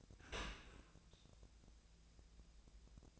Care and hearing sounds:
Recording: daily activity, microphone in the room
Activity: open dishwasher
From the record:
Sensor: 2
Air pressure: 1000.4 hPa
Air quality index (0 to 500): 166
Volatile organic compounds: 3 ppm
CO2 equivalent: 1376 ppm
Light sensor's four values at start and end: 12/34/13/15 and 12/34/13/15

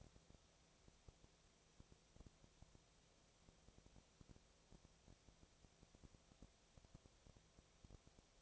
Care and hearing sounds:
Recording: daily activity, microphone in the room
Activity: no activity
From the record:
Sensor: 1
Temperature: 19.6 degrees Celsius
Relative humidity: 36.5%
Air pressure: 997.1 hPa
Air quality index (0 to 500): 204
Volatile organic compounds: 129 ppm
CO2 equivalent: 3923 ppm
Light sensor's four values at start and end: 1/2/1/1 and 1/2/1/1

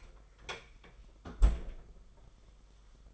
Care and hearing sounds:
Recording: daily activity, microphone in the room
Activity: close fridge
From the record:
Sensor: 5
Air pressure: 991.2 hPa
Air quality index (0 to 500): 111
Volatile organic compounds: 28 ppm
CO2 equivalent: 2901 ppm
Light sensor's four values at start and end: 37/113/44/46 and 36/111/43/45

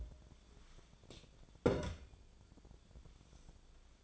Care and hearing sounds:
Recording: daily activity, microphone in the room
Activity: take from stove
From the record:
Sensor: 5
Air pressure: 1010.0 hPa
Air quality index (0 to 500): 153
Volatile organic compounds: 3 ppm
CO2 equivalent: 1493 ppm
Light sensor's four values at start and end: 245/600/254/278 and 251/601/259/288

